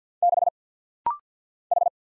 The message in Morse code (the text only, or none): 6 H